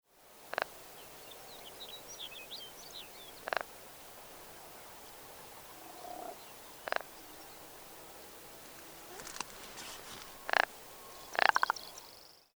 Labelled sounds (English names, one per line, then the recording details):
Rock Ptarmigan
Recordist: Frommolt, Karl-Heinz
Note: Kontaktlaute des Hahnes